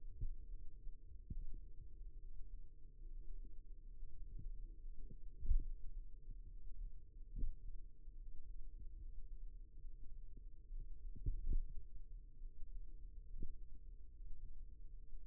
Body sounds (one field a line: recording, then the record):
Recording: forearm muscle sounds (acoustic myography)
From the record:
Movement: finger pinch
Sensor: system 2, bracelet of six BSWA MPA416 microphones around the upper forearm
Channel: 4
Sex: male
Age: 22 years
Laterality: right